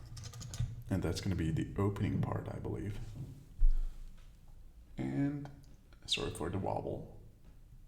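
A lightweight plastic LEGO rod is handled against a hooked clip piece on a retro videocamera build, with light plastic ticks near the start while someone talks throughout. Nothing has seated or clicked yet; the rod is not yet home in the clip.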